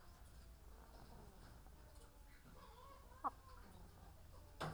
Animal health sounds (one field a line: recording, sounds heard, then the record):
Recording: poultry house recording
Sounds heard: sick chickens (respiratory disease)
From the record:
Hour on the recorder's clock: 18